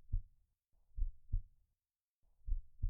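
Slow, steady, peaceful lub-dub heartbeat at roughly 40 beats a minute, with soft paired low thumps and a calm rhythm.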